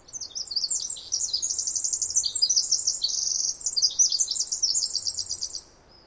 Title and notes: The very loud Pacific Wren. Snider Jackson/ Rugged Ridge trail. 2018 May 11-13